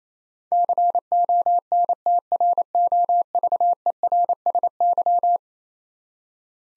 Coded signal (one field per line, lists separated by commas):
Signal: Morse code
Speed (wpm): 28 wpm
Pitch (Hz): 700 Hz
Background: none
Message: CONTROVERSY